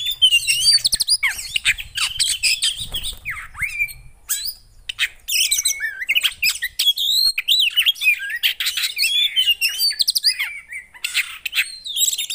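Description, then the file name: Oriental magpie-robin singing a rapid, varied stream of sweet whistles, slurred upslurs and scratchy notes, with faint low rumbling under the first seconds. Song played to provoke a caged kacer (magpie-robin), said to make it immediately agitated. "Burung kacer anda langsung emosi dengar ini"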